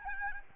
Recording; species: mosquito wingbeat signal from an infrared sensor; Aedes albopictus